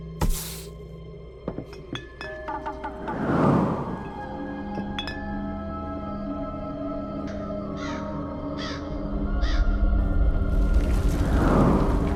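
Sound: small bell jingling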